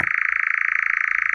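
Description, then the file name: European nightjar giving a short burst of steady, rapidly pulsed churring without any break. "Lelek"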